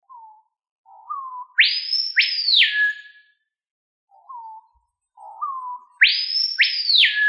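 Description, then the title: Bird call phrase: a few soft low whistled notes, then two loud high sweeping notes falling sharply, the whole phrase repeated about every four and a half seconds. "LuckyPassaros CompletosSama"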